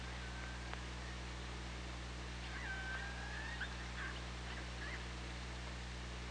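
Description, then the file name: Orca call: a faint, drawn-out tonal cry held at a steady pitch, with a few short faint sounds around it, over steady low underwater hum. Underwater OrcaLab hydrophone, 24 August 2017, at 15:59:40. "Orca Lab JASON 20170824 155940"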